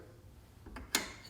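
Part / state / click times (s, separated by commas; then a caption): end stop on a garage door opener rail / seated / 1.0 s. With the door fully closed, the end stop on a Sommer 550 Synoris garage door opener rail is slid forward along the rail, giving a faint scrape around 0.8 s. It clicks into position with a sharp, bright click at 1.0 s, seating where the door should stop, ready to be locked down with its screw.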